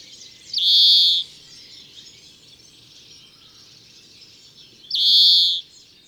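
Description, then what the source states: Greenfinch calls: two long, nasal, buzzy notes roughly four seconds apart, each held under a second, with soft low background noise. Regularly gives its nasal, drawn-out call.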